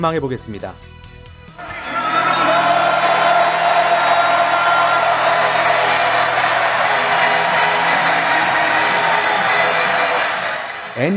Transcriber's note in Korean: 녹취: 농구 경기 현장음